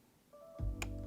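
The camera standard of a Cambo SC 2 4x5 view camera with a Fuji adapter is pushed back down on its rise/fall adjustment until the metal detent clicks into the level (zero) position. A low rumble and faint tones of handling build up before a single sharp click at 0.8 s, and the detent seats at level. Someone talks.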